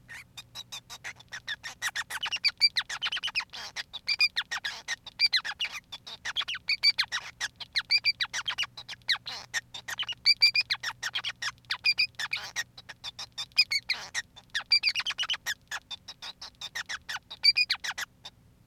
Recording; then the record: song of a male Bengalese finch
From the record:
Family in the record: son of father 5